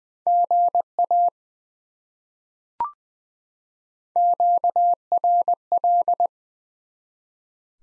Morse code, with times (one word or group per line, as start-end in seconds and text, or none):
0.3-1.3 GA
4.2-6.3 QRL